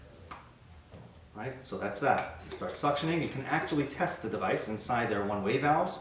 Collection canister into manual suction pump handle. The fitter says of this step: take the canister and you're gonna feel and hear a click